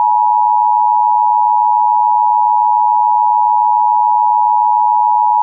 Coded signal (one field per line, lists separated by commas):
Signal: Emergency Alert System (SAME) tones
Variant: 853 and 960 Hz attention tone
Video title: I'm taking a break from the EAS community until January 1st, 2025